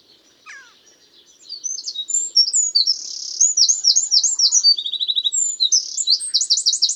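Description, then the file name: Eurasian Wren song, a loud, rapid, high-pitched outpouring of bright notes and fast trills running to the end after a brief thin sweep at the start. "Troglodytes troglodytes"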